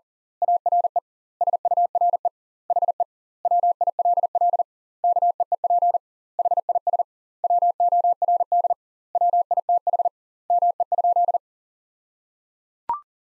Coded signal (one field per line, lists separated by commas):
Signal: Morse code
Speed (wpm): 37 wpm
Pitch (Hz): 700 Hz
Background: none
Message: ARE SURE HE WILL KEEP HIS WORD WITH ME?